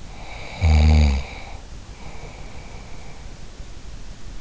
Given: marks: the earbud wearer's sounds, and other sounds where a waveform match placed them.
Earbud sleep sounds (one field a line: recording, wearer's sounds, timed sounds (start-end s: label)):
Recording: sounds in sleep by an in-ear microphone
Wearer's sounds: snoring breath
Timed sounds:
0.09-3.30 s: snoring breath